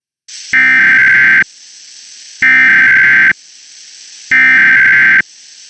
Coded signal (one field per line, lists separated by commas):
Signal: Emergency Alert System (SAME) tones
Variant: header bursts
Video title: EAS Child Abduction Emergency Mebane, NC (Spectrum DTA TV)